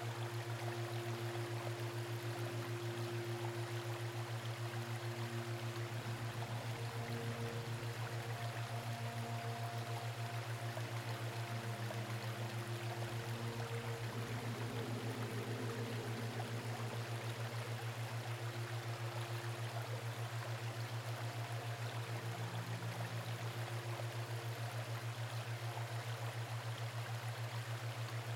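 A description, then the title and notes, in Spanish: A waterfall pours in a steady, dense rush that never lets up, with a deep constant rumble underneath. Soft, drawn-out musical tones drift faintly beneath the water, shifting now and then without breaking the even flow. Déjate arrullar por el murmullo calmante de una cascada. Murmullo Calmante de una CASCADA y una MÚSICA Suave.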